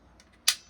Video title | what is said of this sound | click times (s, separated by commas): Review of The MP-05 Megatron by Takara | hear it click in | 0.5 s